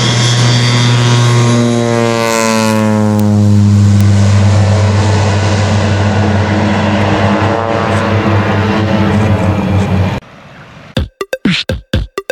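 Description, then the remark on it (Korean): A crop-dusting propeller airplane spraying herbicide over genetically modified crops roars overhead, its loud droning engine buzz shifting in pitch as it passes, then cutting off abruptly into a few sharp clicks. No one speaks. “아, 비행기로 막 뿌립니다.”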